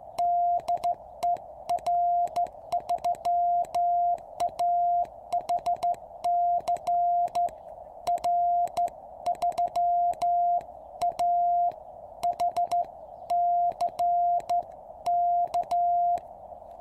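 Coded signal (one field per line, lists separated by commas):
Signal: Morse code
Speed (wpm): 14 wpm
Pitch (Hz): 700 Hz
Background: none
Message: DE R3AHC R3AHC K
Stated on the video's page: QRP CW from a QCX-mini transceiver on 3x18650 batteries, 10-metre end-fed antenna with 1:64 balun on 7-metre fishing-pole mast.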